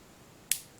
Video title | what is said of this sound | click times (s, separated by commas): TT-33 Tokarev Pistol variants collecting mil-surplus pistols | here that click | 0.5 s